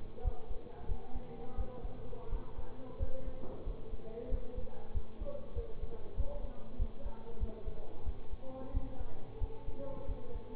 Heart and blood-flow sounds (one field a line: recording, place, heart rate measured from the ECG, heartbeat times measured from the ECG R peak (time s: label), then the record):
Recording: heart sounds by stethoscope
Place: between the tricuspid and mitral areas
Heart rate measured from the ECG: 91 bpm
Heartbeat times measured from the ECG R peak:
0.22 s: heartbeat
0.86 s: heartbeat
1.55 s: heartbeat
2.29 s: heartbeat
2.97 s: heartbeat
3.64 s: heartbeat
4.28 s: heartbeat
4.92 s: heartbeat
5.53 s: heartbeat
6.14 s: heartbeat
6.76 s: heartbeat
7.38 s: heartbeat
8.03 s: heartbeat
8.71 s: heartbeat
9.38 s: heartbeat
10.06 s: heartbeat
From the record:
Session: bicycle stress test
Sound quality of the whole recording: good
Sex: male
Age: 24 years